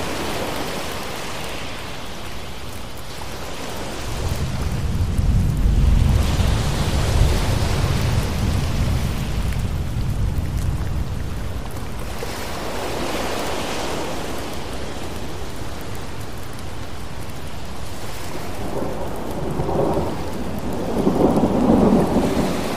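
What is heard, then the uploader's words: Steady, dense rain hisses throughout, pattering on surfaces. A deep rumble of thunder rolls in around five seconds and lingers until about ten, with lighter swells returning later. Near the end, rising surges sound like waves washing in. Thunderstorm Rain Sounds With Ocean Waves.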